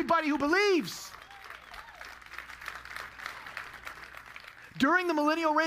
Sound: applause